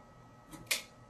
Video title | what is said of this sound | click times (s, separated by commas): Pt 7 -Loading Laminate | until it snaps in place | 0.7 s